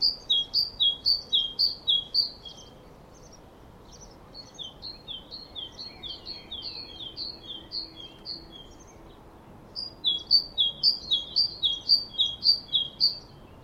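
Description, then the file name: Great tit song, rapid two-note high-low phrases repeated many times, softer overlapping notes in the middle, then a loud final series. "Parus major"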